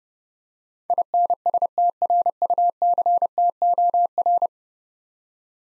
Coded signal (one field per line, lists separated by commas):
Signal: Morse code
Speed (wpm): 30 wpm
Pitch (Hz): 700 Hz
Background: none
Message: INSTRUCTOR